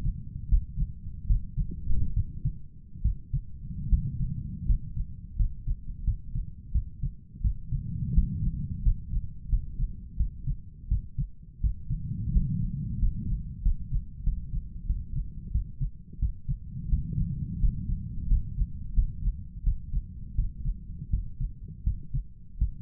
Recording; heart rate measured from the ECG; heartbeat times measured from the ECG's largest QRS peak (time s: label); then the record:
heart sounds by stethoscope; 84 bpm
0.49 s: heartbeat
1.27 s: heartbeat
2.14 s: heartbeat
3.02 s: heartbeat
3.89 s: heartbeat
4.66 s: heartbeat
5.36 s: heartbeat
6.04 s: heartbeat
6.72 s: heartbeat
7.42 s: heartbeat
8.14 s: heartbeat
8.83 s: heartbeat
9.49 s: heartbeat
10.17 s: heartbeat
10.88 s: heartbeat
11.61 s: heartbeat
12.32 s: heartbeat
12.99 s: heartbeat
13.62 s: heartbeat
14.23 s: heartbeat
14.86 s: heartbeat
15.51 s: heartbeat
16.19 s: heartbeat
16.89 s: heartbeat
17.60 s: heartbeat
18.28 s: heartbeat
18.94 s: heartbeat
19.63 s: heartbeat
20.35 s: heartbeat
21.10 s: heartbeat
21.84 s: heartbeat
22.58 s: heartbeat
From the record:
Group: healthy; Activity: rest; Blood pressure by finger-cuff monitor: 109/58 mmHg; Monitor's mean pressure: 71 mmHg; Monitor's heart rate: 85 bpm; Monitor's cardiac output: 8.3 L/min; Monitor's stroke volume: 96 mL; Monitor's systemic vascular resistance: 610 dyn s/cm5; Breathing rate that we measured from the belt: 13 breaths a minute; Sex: male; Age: 23 years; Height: 179 cm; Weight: 87 kg